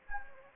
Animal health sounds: mosquito wingbeat signal from an infrared sensor; Anopheles arabiensis

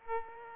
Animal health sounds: mosquito wingbeat signal from an infrared sensor; Aedes aegypti

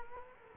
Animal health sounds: mosquito wingbeat signal from an infrared sensor; Culex quinquefasciatus

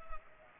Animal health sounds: mosquito wingbeat signal from an infrared sensor; Culex pipiens

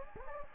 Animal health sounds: mosquito wingbeat signal from an infrared sensor; Anopheles gambiae

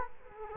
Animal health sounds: mosquito wingbeat signal from an infrared sensor; Culex quinquefasciatus

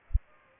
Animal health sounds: mosquito wingbeat signal from an infrared sensor; Culex pipiens

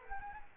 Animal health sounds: mosquito wingbeat signal from an infrared sensor; Culex quinquefasciatus

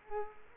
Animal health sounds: mosquito wingbeat signal from an infrared sensor; Culex quinquefasciatus

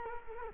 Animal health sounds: mosquito wingbeat signal from an infrared sensor; Culex quinquefasciatus

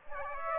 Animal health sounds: mosquito wingbeat signal from an infrared sensor; Aedes aegypti

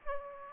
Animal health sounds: mosquito wingbeat signal from an infrared sensor; Aedes aegypti

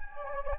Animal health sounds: mosquito wingbeat signal from an infrared sensor; Anopheles gambiae

